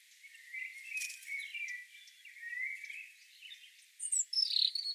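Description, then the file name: European robin song, thin high warbled phrases sliding up and down, with a brighter, louder burst of notes near the end. "Erithacus rubecula"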